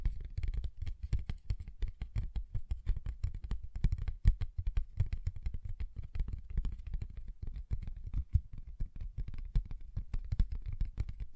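Fingers tap and scratch a paper bag in a dense, uneven patter of quick clicks over a low rumble, with sharper taps near four and eight seconds.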